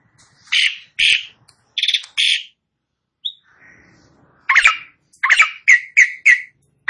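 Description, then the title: Asian pied starling song: rough, buzzy squawks in short bursts, then a faint whistle and a quick series of harsh chattering notes. Starts singing in less than a minute. "Belum Satu Menit Jalak Suren Langsung Bunyi"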